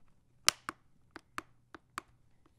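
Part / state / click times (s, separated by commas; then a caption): snap button on a motorcycle helmet / partly seated / 0.5 s, 0.7 s, 1.2 s, 1.4 s, 1.7 s, 2.0 s. A snap-in button on a Ruroc Atlas 2.0 motorcycle helmet is pressed in repeatedly, giving six sharp snapping clicks at 0.5, 0.7, 1.2, 1.4, 1.8 and 2.0 seconds. The button snaps but has play and keeps popping back out instead of staying seated.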